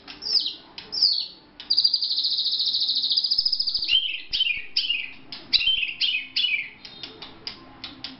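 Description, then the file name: White-rumped shama song: rapid, bright whistled notes and rattling trills, with a long sustained buzzy trill in the middle, then varied falling phrases. Vietnam. "shama vietnam omkicau"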